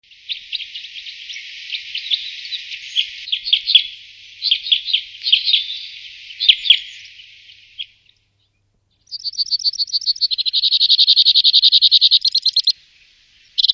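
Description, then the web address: Two-barred crossbill song opening with a scratchy chattering twitter, then a pause, then rapid rattling trills that shift in pitch, a short gap and a brief final note. "chant jean roche bec-croise bifascie"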